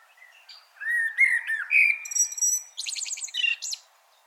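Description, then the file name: Common blackbird song: slow, mellow, fluty whistles rise and fall, then a rapid, high-pitched twittering trill finishes the phrase. "Turdus merula"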